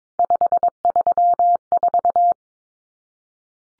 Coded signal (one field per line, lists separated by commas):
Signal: Morse code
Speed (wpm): 22 wpm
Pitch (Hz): 700 Hz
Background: none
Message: 534